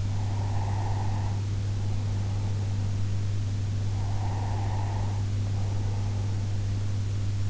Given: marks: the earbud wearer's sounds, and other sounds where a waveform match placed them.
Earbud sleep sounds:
sounds in sleep by an in-ear microphone; breath
0.00-3.10 s: breath
4.03-6.69 s: breath

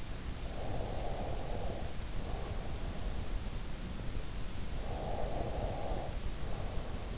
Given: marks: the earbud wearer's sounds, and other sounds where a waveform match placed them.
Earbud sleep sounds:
sounds in sleep by an in-ear microphone; breath
0.36-3.24 s: breath
4.82-7.18 s: breath

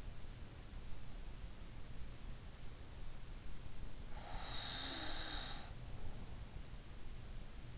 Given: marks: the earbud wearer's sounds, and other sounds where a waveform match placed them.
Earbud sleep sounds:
sounds in sleep by an in-ear microphone; breath
3.83-6.56 s: breath

